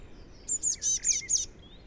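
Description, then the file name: Eurasian blue tit giving one quick run of five high, scratchy buzzing notes, with a faint lower chirp underneath and soft background hiss. "Cyanistes caeruleus"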